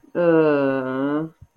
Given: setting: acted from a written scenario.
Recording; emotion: vocal sound without words; disappointment